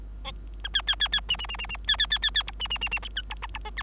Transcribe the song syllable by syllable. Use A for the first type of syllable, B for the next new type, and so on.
A B B B B C C C C C B B B B B D C C C C D D D E F